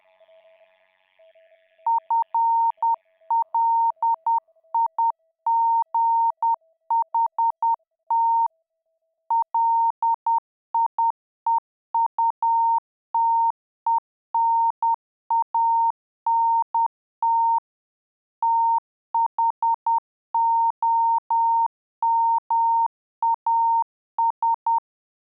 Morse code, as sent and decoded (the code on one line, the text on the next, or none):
..-. .-.. .. --. .... - / .-.. .. . ..- - . -. .- -. - / - .... --- -- .- ...
FLIGHT LIEUTENANT THOMAS